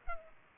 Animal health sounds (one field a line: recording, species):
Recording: mosquito wingbeat signal from an infrared sensor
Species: Culex pipiens